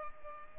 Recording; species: mosquito wingbeat signal from an infrared sensor; Culex pipiens